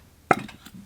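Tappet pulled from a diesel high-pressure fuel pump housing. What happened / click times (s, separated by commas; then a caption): The tight-fitting part popped free of its bore / 0.3 s. A tight-fitting steel tappet is pulled out of its bore in an aluminium CP3 diesel high-pressure fuel pump housing, where the oil-filled fit holds it like a suction seal. It lets go with a single sharp pop at 0.3 s, followed by a brief, fainter tick near 0.7 s. The tappet is released from the housing.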